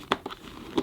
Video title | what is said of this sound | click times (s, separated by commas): Vacuum Cleaner Of The Month June 2025 & Dyson Ball Animal Multifloor Verdict | It popped out then. | 0.1 s